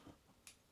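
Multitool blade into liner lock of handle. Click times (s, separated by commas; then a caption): 0.5 s. A blade on a ROCKTOL GEN-R 27-in-1 multitool is moved into position and locks into the handle's steel liner lock rather than just closing. A soft low thud near the start comes before a small, sharp, bright click at 0.5 s as the blade seats and locks in place.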